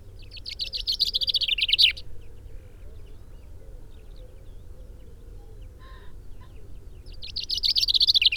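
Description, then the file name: Common chaffinch songs: two bright, descending trilled phrases, the second cut short, with a faint short sound between them. "Fringilla coelebs"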